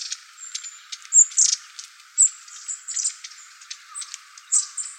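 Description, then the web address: Long-tailed tit calls, scattered high thin notes, with a few louder chips standing out among softer calling. Recorded 24 February 2015. "birdenaga enaga C 150224"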